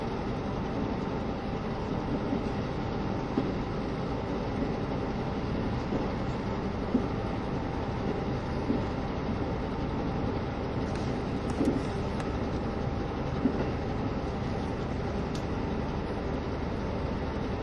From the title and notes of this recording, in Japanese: 配信は、JR九州キハ72系 ゆふいんの森06号02 うきは～博多です。走行音。